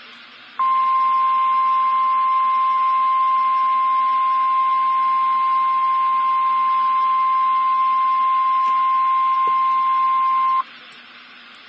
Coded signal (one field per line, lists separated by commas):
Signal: Emergency Alert System (SAME) tones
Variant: 1050 Hz attention tone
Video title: REAL EAS 920-Severe thunderstorm warning